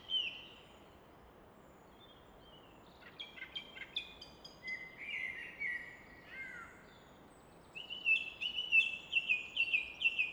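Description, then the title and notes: Common nightingale song: scattered phrases of whistles and clicks building into a fast, loud rattling sequence at the end, over a constant rush. Evening in Fläsch, Switzerland; rushing of the Rhine in the background reflected off a rock face; recorded with Fostex FR2 and MKH 800. "Fläsch, Schweiz - Abendstimmung Nachtigall. Im Hintergrund wird das Rauschen des Rheins von einer Felswand reflektiert"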